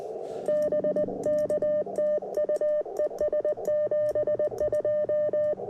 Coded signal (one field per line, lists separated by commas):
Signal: Morse code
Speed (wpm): 20 wpm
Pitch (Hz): 600 Hz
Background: music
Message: BK TU ES 72